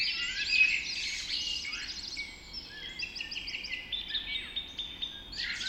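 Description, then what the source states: Birds in a dawn chorus, a loud burst of twittering at the start, then overlapping trills and short repeated whistles. Dawn chorus recorded just after dawn in the Forest of Dean.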